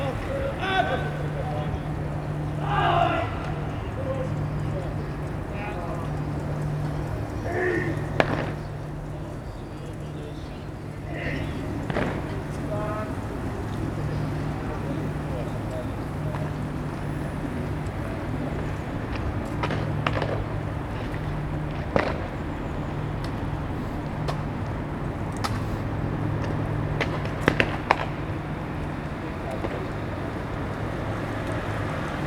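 Military drill practice on a damp parade ground early in the morning. A steady low droning hum runs underneath throughout, while shouted calls come in the first dozen seconds. Sharp, scattered knocks like boots striking the ground recur, most clearly around 20 and 27 seconds.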